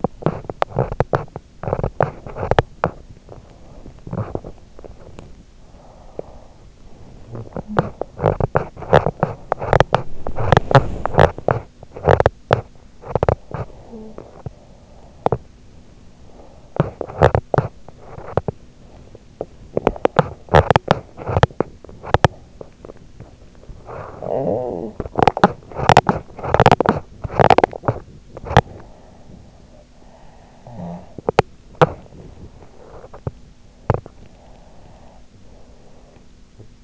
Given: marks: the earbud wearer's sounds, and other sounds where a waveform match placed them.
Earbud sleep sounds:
sounds in sleep by an in-ear microphone; teeth grinding, breath, talking in sleep, snoring breath
0.00-5.32 s: teeth grinding
5.32-6.82 s: breath
6.82-7.73 s: talking in sleep
7.73-13.90 s: teeth grinding
13.90-14.95 s: talking in sleep
14.95-23.41 s: teeth grinding
23.71-25.27 s: talking in sleep
25.27-28.91 s: teeth grinding
28.91-31.12 s: snoring breath
31.12-34.24 s: teeth grinding
34.24-36.84 s: breath

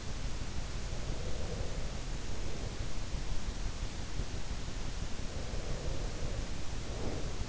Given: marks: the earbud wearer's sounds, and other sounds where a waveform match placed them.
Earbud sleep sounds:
sounds in sleep by an in-ear microphone; breath
0.96-3.38 s: breath
5.45-7.49 s: breath

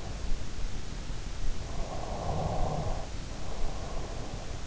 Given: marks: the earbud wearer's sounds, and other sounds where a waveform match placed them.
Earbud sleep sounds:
sounds in sleep by an in-ear microphone; snoring breath
1.83-4.55 s: snoring breath

